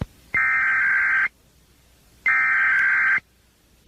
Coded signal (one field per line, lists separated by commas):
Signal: Emergency Alert System (SAME) tones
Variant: header bursts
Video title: Bender Listening To EAS Alert On Radio